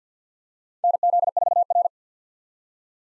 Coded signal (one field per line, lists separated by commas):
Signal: Morse code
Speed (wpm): 50 wpm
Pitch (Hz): 700 Hz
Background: none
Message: NZ4R